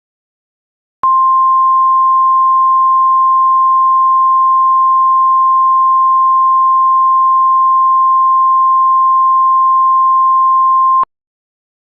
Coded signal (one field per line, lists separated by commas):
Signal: Emergency Alert System (SAME) tones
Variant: 1050 Hz attention tone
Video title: [EAS Scenario/Angry EAS] WSM Pt 1: The KWO35 incident (VALID TONES)